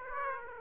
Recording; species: mosquito wingbeat signal from an infrared sensor; Aedes aegypti